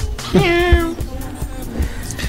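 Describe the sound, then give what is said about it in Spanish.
A cat lets out one drawn-out meow, rising briefly and then holding a steady, bright pitch for about half a second before trailing off into quieter background noise. “No, nos preguntan que ¿y ese gatito que se escucha?”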